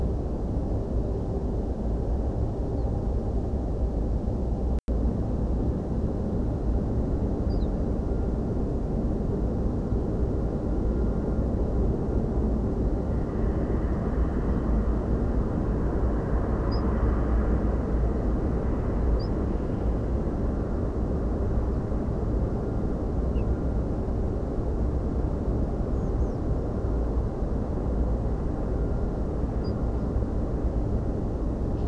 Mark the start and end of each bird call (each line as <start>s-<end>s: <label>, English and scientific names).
2.76s-2.85s: Ortolan Bunting (Emberiza hortulana)
7.49s-7.67s: Ortolan Bunting (Emberiza hortulana)
16.71s-16.83s: Ortolan Bunting (Emberiza hortulana)
19.18s-19.29s: Ortolan Bunting (Emberiza hortulana)
23.35s-23.44s: Ortolan Bunting (Emberiza hortulana)
25.94s-26.38s: Tree Pipit (Anthus trivialis)
29.63s-29.73s: Ortolan Bunting (Emberiza hortulana)